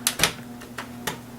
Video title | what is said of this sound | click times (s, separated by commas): vet helping vets project computer build progression | and you're he it lock it locks into place then you're going to take your screws that you have | 0.1 s